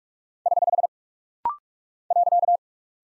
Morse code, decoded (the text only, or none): <HH> .